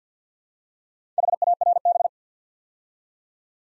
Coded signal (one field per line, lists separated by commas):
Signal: Morse code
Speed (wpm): 50 wpm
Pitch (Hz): 700 Hz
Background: none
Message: HARB